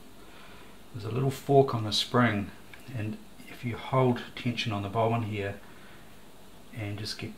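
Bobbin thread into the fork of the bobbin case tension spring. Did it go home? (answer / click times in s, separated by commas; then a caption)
no / none. Someone talks while threading the bobbin case of a vintage Elna Supermatic SU 62C sewing machine, holding tension on the bobbin thread and guiding it under the bobbin case tension spring toward the little fork on the spring. Only speech and faint handling are heard; the thread has not clicked into the fork yet.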